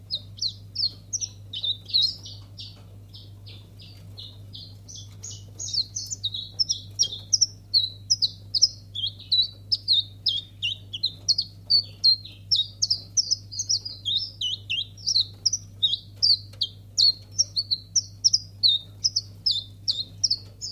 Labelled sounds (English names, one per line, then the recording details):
Common Chiffchaff
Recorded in captivity
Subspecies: collybita
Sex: male
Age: adult
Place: Zoologisches Institut Universität Tübingen, Baden-Württemberg, DE
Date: 1965-01-22
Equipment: Nagra III PH, Parabolspiegel, LGS26
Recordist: Schneider, Hans-Joachim
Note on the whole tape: Auch Aufnahmen vom 23. Januar um 8:30 Uhr und vom 3. Februar. "it"-Laute ["jüg"-Rufe] von Männchen blau/grün - blau/rot. Schnelle Reihung von Männchen blau/grün - grün. Weitere Informationen als Ansagen auf dem Band. MaAs: M.Sch